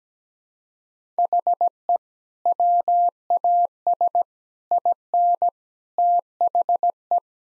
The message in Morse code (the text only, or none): HE WAS IN THE